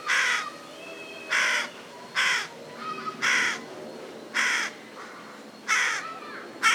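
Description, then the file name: Carrion crow calling a series of harsh caws, roughly one per second. "Corvus corone"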